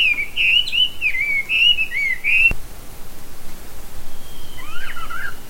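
Bird song: a warbling whistled phrase, a sharp click, then a fainter twittering call near the end.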